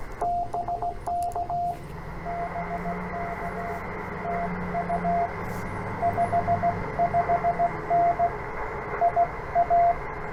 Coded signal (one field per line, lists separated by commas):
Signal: Morse code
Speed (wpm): 18 wpm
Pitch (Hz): 700 Hz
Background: radio noise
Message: BK BK TU 55N IA